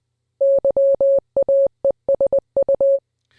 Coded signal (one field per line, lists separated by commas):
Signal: Morse code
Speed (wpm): 20 wpm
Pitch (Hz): 560 Hz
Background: none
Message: YAESU